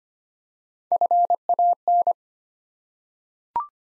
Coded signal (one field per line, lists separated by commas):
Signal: Morse code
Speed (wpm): 25 wpm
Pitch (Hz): 700 Hz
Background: none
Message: FAN